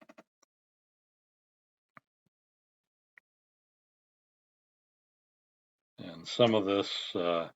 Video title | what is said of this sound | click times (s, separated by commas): Seat upholstery replacement 1997 Chevy Crewcab | and they they snap into place once they're in and | 2.0 s, 3.2 s